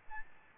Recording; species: mosquito wingbeat signal from an infrared sensor; Aedes albopictus